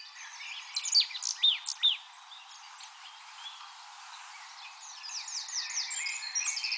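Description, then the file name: Marsh tit calls: three bright, downslurred chirps in quick succession early on, followed by quieter twittering. "Poecile palustris"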